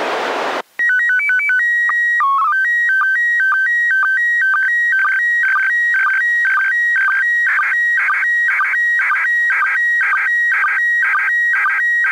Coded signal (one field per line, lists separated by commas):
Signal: SSTV (slow-scan television)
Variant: PD 120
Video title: ISS SSTV - Receiving Images Using a Portable Set Up